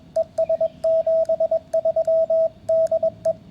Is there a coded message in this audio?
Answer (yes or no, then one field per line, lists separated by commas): yes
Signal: Morse code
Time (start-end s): 0.2-3.3 s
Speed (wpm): 21 wpm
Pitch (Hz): 660 Hz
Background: radio noise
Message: ES 73 DE